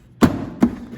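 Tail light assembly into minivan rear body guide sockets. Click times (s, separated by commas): 0.2 s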